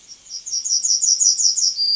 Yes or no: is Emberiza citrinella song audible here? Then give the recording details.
yes. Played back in forest. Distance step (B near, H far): B. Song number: 043